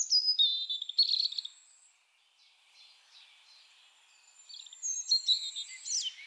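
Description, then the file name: European robin delivering a short, sweet, high warbled phrase, then a quiet pause, then another phrase with thin, drawn-out whistles. "Erithacus rubecula"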